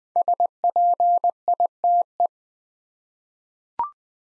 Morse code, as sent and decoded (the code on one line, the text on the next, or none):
... .--. .. - .
SPITE